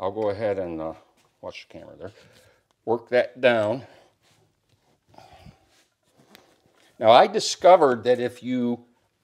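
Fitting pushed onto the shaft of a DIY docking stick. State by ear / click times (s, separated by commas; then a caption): not seated / none. A fitting is worked down onto the shaft of a homemade docking stick while someone talks, with faint handling ticks around 4.7, 5.2 and 6.4 seconds during a quiet pause. Nothing has seated or clicked into place yet.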